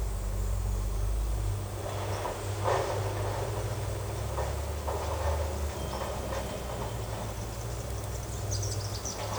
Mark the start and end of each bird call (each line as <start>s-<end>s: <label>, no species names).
8.17s-9.38s: bird call